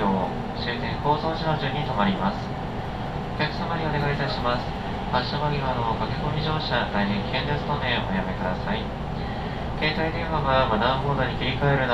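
Recorded aboard a local train on the Chuo West Line, heading from Nagoya toward Kozoji. Voices talk almost continuously over a steady low rumble of the running train, which holds an even loudness throughout with no sharp events.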